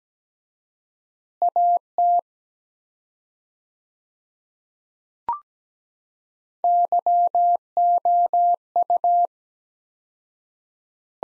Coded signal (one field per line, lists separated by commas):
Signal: Morse code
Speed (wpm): 17 wpm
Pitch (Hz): 700 Hz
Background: none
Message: AT YOU